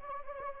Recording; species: mosquito wingbeat signal from an infrared sensor; Anopheles arabiensis